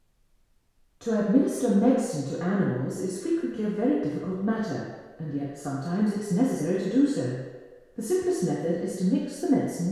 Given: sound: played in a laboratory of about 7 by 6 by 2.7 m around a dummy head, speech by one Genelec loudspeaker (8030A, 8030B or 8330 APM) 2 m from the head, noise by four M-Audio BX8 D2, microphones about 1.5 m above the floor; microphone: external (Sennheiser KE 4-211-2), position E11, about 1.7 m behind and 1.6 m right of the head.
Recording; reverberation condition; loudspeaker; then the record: female speech in English; high; 150 degrees to the right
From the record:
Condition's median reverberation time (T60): about 1300 ms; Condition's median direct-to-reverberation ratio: about -4.0 dB